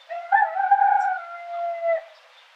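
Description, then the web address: Chicken giving a drawn-out, harmonic call lasting about two seconds, wavering at first and then holding steady before it stops. "Birds Chickens"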